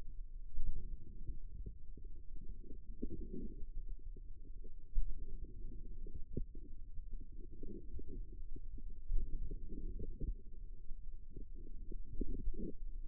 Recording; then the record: forearm muscle sounds (acoustic myography)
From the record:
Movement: outward rotation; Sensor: system 2, bracelet of six BSWA MPA416 microphones around the upper forearm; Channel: 3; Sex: female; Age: 22 years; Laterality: right